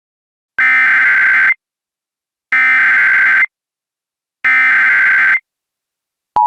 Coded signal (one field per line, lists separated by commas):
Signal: Emergency Alert System (SAME) tones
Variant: header bursts